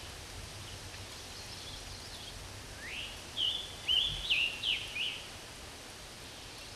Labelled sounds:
Scarlet Tanager song

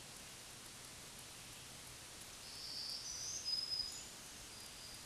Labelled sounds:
Black-throated Green Warbler song

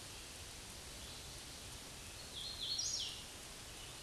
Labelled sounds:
Hooded Warbler song

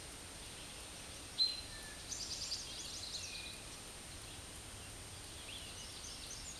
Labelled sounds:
Hooded Warbler song

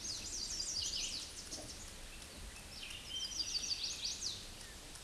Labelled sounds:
Chestnut-sided Warbler song

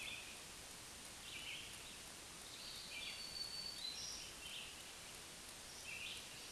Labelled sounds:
Black-throated Green Warbler song

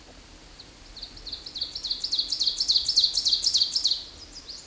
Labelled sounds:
Ovenbird song

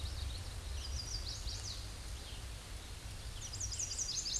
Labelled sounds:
Chestnut-sided Warbler song

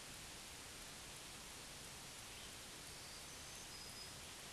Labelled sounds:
Black-throated Green Warbler song

